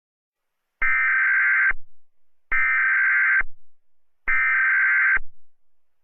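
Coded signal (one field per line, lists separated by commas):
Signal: Emergency Alert System (SAME) tones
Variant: header bursts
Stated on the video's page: Fictional EAS scenario, not a real alert.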